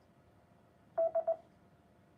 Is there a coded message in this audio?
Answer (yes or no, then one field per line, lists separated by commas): no